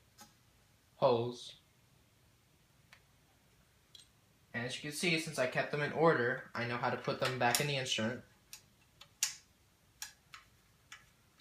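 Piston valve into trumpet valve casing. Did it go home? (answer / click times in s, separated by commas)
yes / 9.2 s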